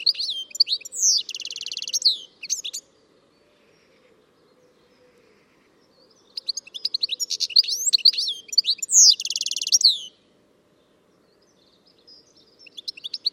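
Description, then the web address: Bird song in two bursts of quick chirps and a dense buzzy trill, with a second burst after a pause of about three seconds and a few soft notes at the end. "Deverinetal 2025 File origin Bird Only"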